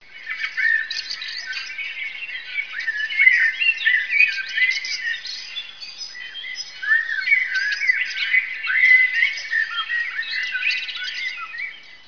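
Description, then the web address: Birds chirping and twittering in a dense, overlapping chorus of quick high squeaks and warbles, rising and falling in intensity throughout. "sons oiseaux"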